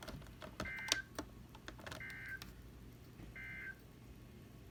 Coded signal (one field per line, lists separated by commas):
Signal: Emergency Alert System (SAME) tones